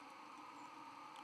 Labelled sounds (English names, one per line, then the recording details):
White-throated Sparrow flight call
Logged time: 03:07 on 1 November 2014